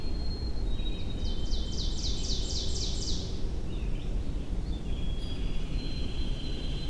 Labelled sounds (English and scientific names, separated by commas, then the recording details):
Ovenbird (Seiurus aurocapilla) song
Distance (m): 65 m
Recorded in boreal forest in Alberta, Canada, on 23 June 2016 at 07:42
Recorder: SongMeter 3, array SBT-6-76
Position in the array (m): 137 m, 160 m
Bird 3